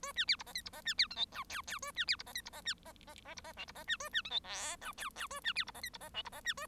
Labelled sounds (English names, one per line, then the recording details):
Bengalese Finch song
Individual Bird1